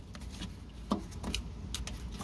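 A removable part is slid back into its mount on a Toro 24-inch stand-on lawn mower, producing a series of short knocks and scrapes. The part clicks into place at about 1.4 s and 1.8 s, and it is seated.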